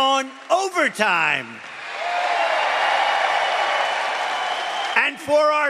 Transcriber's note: applause